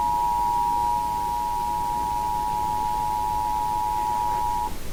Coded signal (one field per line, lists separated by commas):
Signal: Emergency Alert System (SAME) tones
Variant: 853 and 960 Hz attention tone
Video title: (Low Quality) EAS Tornado Warning on TBD. (WUPA 69) (4/2/2024)